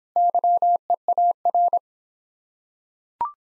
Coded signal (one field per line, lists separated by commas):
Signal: Morse code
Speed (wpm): 26 wpm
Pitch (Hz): 700 Hz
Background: none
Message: YEAR